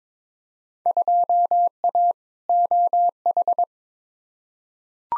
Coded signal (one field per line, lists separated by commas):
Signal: Morse code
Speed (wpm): 22 wpm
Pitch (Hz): 700 Hz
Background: none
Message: 2A OH